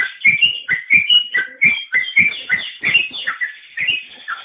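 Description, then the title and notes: Bird delivering fast, bright whistled notes that jump up and down in pitch, tightly packed and continuous throughout. "Bird Sound. Kicau Burung Lengkap"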